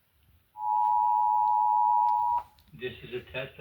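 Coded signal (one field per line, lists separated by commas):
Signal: Emergency Alert System (SAME) tones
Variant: 853 and 960 Hz attention tone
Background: speech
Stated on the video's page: North Carolina EAS Required Monthly Test received on radio stations and a TV station.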